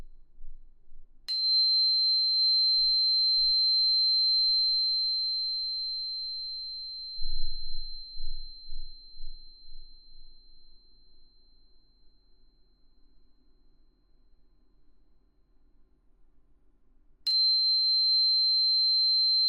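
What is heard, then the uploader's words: A tuning fork is struck, ringing a single high, pure tone that fades slowly over fifteen seconds before a second strike restarts it. ASMR×KU100. 音叉震腦. (OM136.1HZ&4096HZ) | Tuning Fork | NO Talking.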